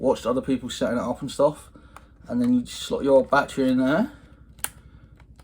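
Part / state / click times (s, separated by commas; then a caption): battery pack into camera battery compartment / seated / 4.6 s. Someone talks while a rechargeable battery pack is slotted into the battery compartment of a Sony ZV-E10 camera and pushed down. A sharp click at 4.6 s marks the latch catching, followed by a couple of faint ticks. The battery is seated.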